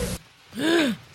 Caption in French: Ce petit bruit inspiratoire, en fait, ça mime le chant du coq, d'où le terme de coqueluche.